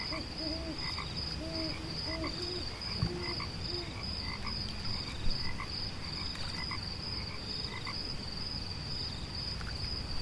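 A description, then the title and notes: Frogs croak in short, rising calls through the first four seconds, then fade back into a dense night chorus. A steady, high cricket trill pulses without pause across the whole clip, over a low, constant rumble and scattered calls. Night Ambience Sleep Sounds, Crickets, Frogs, Owls, Lake, Nature Sounds at Night.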